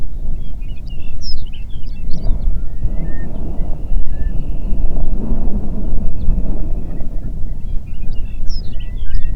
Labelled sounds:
songbird
wind
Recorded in the Prudhoe Bay oil fields, Alaska, on 8 June 2019 at 05:06
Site 30

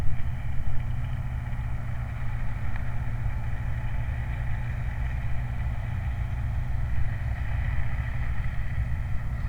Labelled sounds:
truck
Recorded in the Prudhoe Bay oil fields, Alaska, on 29 July 2019
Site 29

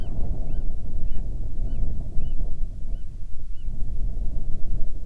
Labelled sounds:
bird
wind
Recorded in the Prudhoe Bay oil fields, Alaska, on 10 July 2019 at 14:45
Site 14

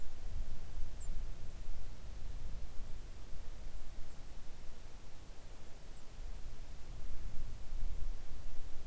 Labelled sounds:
songbird
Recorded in the Arctic National Wildlife Refuge, Alaska, on 3 August 2019 at 05:33
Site 41

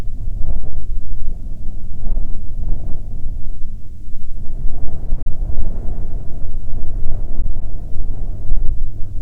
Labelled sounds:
aircraft
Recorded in the Prudhoe Bay oil fields, Alaska, on 11 July 2019 at 12:51
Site 14

